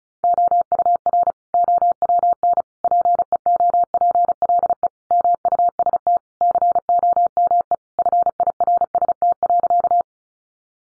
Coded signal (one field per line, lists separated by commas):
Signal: Morse code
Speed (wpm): 34 wpm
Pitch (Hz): 700 Hz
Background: none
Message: OUR OWN PEOPLE MUST COME FIRST.